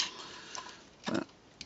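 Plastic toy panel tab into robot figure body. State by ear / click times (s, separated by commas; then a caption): not seated / none. A plastic panel of a transforming robot action figure is rotated in and pushed toward its place on the figure's body, so its small tab can clip in. Light plastic handling scrapes and taps are heard, with a small tick near 0.6 s, a fuller rubbing burst around 1.1–1.2 s, and a sharp tap at 1.6 s. Nothing has seated or clicked into place yet.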